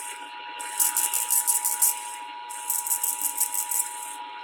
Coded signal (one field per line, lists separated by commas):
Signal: Emergency Alert System (SAME) tones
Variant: 853 and 960 Hz attention tone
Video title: NO NEW UPDATES HERE... Broadcast Radio/TV EAS: Required Monthly Test (EAS #844-852)